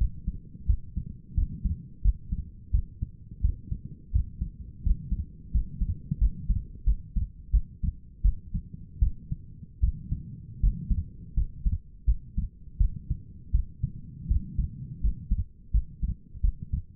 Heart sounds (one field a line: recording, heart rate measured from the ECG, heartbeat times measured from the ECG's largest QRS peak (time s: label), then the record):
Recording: heart sounds by stethoscope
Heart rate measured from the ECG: 84 bpm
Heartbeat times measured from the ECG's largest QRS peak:
0.67 s: heartbeat
1.35 s: heartbeat
2.02 s: heartbeat
2.72 s: heartbeat
3.42 s: heartbeat
4.13 s: heartbeat
4.84 s: heartbeat
5.52 s: heartbeat
6.19 s: heartbeat
6.85 s: heartbeat
7.51 s: heartbeat
8.22 s: heartbeat
9.00 s: heartbeat
9.81 s: heartbeat
10.61 s: heartbeat
11.35 s: heartbeat
12.06 s: heartbeat
12.78 s: heartbeat
13.52 s: heartbeat
14.28 s: heartbeat
15.01 s: heartbeat
15.72 s: heartbeat
16.42 s: heartbeat
From the record:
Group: healthy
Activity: rest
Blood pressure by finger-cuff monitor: 113/73 mmHg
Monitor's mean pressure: 87 mmHg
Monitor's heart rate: 85 bpm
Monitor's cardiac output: 6.6 L/min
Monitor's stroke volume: 78 mL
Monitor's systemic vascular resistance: 980 dyn s/cm5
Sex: female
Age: 37 years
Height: 168 cm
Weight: 70 kg